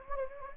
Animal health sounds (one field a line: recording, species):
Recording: mosquito wingbeat signal from an infrared sensor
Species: Anopheles gambiae